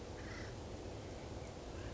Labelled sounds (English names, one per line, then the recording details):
Acorn Woodpecker
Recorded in Sonoma County, California